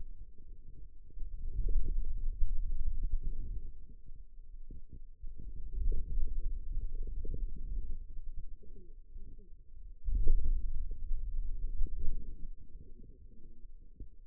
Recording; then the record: forearm muscle sounds (acoustic myography)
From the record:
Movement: hand closing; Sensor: system 2, bracelet of six BSWA MPA416 microphones around the upper forearm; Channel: 3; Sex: female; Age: 21 years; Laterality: right